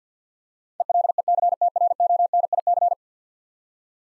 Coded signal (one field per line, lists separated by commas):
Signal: Morse code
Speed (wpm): 50 wpm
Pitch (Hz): 700 Hz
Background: none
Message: ELECTRONIC